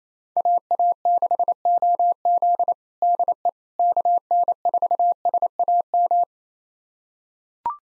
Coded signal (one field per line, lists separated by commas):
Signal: Morse code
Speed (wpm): 27 wpm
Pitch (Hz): 700 Hz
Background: none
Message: AA6OZ DE KN4SAM